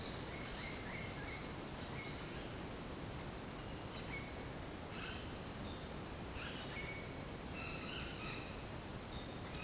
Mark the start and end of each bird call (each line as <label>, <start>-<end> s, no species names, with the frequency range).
bird call (1.3-5.8 kHz), 0.32-2.29 s
bird call (1.2-2.9 kHz), 3.95-4.34 s
bird call (0.5-5.4 kHz), 4.91-9.64 s